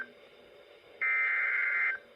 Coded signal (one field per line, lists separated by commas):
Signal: Emergency Alert System (SAME) tones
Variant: header bursts